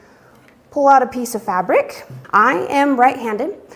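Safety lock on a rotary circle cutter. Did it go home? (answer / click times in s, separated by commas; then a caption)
released / 0.5 s. The safety lock on a 360 rotary circle cutter is released before cutting a fabric circle, giving a short, sharp snap at 0.5 s. After that, someone talks.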